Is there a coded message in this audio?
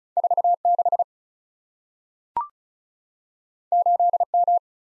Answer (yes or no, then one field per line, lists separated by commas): yes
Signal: Morse code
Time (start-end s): 0.2-4.6 s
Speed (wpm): 36 wpm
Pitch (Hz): 700 Hz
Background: none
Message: 4 6 8 M